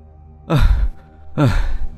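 Two heavy, breathy exhalations a little under a second apart, each a loud rushing huff of air, like someone panting hard after exertion. No talking.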